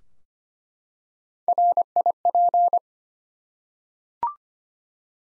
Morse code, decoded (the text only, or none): RIP